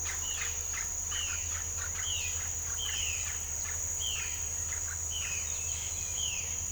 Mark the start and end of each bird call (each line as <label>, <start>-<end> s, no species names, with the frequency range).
bird call (1.9-3.8 kHz), 0.17-6.48 s